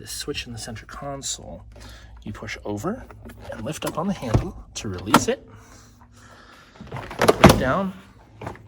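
Someone talks while handling the rear roof section (rear glass and roll hoop area) of a 1992 Suzuki Cappuccino convertible, pushing over a switch in the center console and lifting a handle to release it and lower it into the car body. A cluster of sharp knocks and clatter is heard around 6.9–7.4 s, with softer knocks near 8.4 s. Nothing has latched or clicked yet.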